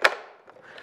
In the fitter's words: When you hear click sound, the reflector is locked and will not fall off.